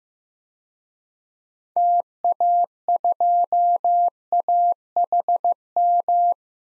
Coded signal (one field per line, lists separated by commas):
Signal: Morse code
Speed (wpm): 16 wpm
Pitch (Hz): 700 Hz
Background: none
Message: TA2AHM